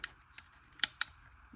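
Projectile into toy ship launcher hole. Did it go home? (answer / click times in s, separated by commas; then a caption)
yes / 0.8 s, 1.0 s. A plastic projectile is pushed into its launcher hole on a Star Wars Micro Galaxy Squadron TIE Reaper toy starfighter. Two faint sharp ticks at 0.0 and 0.4 seconds are followed by two louder, crisp clicks at 0.8 and 1.0 seconds as the projectile clicks into place and seats.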